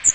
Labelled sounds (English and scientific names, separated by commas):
Magnolia Warbler (Setophaga magnolia) flight call